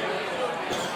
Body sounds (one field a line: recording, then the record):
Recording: coughing mixed with background sound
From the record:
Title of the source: Mid-morning Winter Coughing Fit